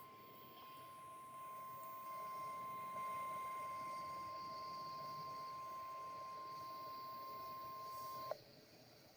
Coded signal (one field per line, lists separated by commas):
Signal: Emergency Alert System (SAME) tones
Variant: 1050 Hz attention tone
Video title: Severe Thunderstorm Warning (EAS #776)